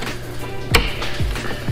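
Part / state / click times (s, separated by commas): rear window gas strut upper socket onto window ball stud / seated / 0.8 s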